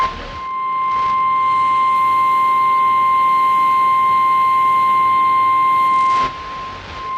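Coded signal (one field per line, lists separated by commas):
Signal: Emergency Alert System (SAME) tones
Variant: 1050 Hz attention tone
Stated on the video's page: Severe thunderstorm warning relayed by an FM station, received via E-skip propagation, relayed from National Weather Service through a primary entry point FM station.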